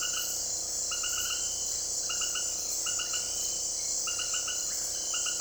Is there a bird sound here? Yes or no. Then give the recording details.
no. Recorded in dense forest near Puerto Asís, Putumayo, Colombia, on 21 February 2024 at 18:00. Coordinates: 0.485, -76.325. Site G6429